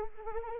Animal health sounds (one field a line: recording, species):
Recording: mosquito wingbeat signal from an infrared sensor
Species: Anopheles arabiensis